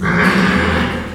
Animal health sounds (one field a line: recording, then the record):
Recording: squeal of a Yucatan mini pig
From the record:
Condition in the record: after surgery on the right vocal fold (resection and tissue-engineered implant)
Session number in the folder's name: 15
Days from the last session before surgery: 175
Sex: female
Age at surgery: 19 weeks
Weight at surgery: 25 kg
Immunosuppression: prednisolone